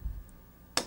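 The pins of a steel mortise gauge are set on a wooden workpiece, tipped, and dropped into two small indentations pricked on the marked line. After a soft low rumble and a faint high tick near 0.3 s, a sharp, bright click sounds at 0.8 s as the pins drop home and seat in the marks.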